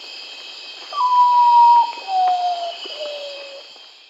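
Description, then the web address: Common Potoo giving a mournful whistled call, three long clear notes stepping down in pitch, each lower than the last, over a steady hiss of insects. Recorded in Peru, South America. "Natures Songs S America Common Potoo (Nyctibius griseus)"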